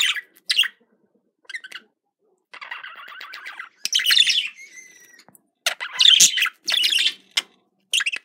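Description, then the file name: Budgerigar warbling with buzzy trills, a soft whistled glide, and bursts of scratchy chirps. Described as a budgerigar love sound. "love budgerigar"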